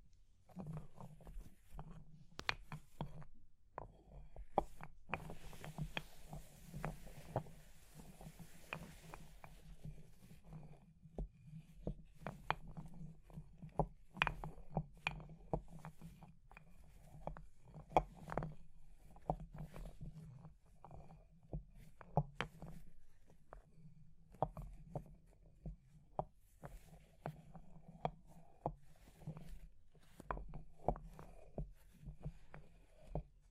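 Fire crackles with dense, irregular sharp pops and snaps over a steady low rumble, with a brief hissing rush around five to nine seconds.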